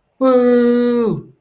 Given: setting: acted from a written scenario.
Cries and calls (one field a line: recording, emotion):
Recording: vocal sound without words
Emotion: triumph